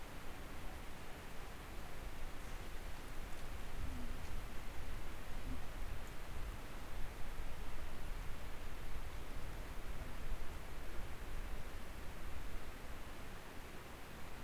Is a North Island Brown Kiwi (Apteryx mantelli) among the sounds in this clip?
no